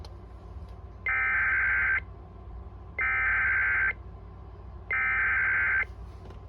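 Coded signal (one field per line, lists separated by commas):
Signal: Emergency Alert System (SAME) tones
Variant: header bursts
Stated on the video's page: Real fire warning relayed from an IPAWS CAP message, not the original relay.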